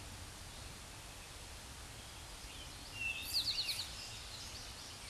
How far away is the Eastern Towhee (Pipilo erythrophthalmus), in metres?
about 5 m